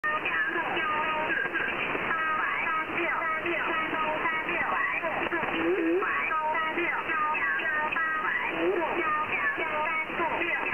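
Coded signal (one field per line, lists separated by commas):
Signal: numbers station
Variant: Chinese Robot (VC01), Chinese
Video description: I have never heard anything else from it except very rapid numbers in Chinese.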